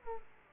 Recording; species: mosquito wingbeat signal from an infrared sensor; Aedes aegypti